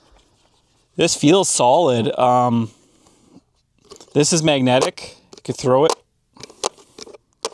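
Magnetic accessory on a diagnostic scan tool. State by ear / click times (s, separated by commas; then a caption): seated / 6.7 s, 7.4 s. Someone talks while handling the magnetic, aluminum-bodied part of a Thinkscan 689bT diagnostic scan tool, then snaps it into place. Sharp clicks are heard at about 6.7 s and 7.5 s as the part seats firmly.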